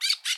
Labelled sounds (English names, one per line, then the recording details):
Brown-throated Parakeet contact call
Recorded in Bonaire
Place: 1 km N of power plant, rd to Republiek
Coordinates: 12.184, -68.285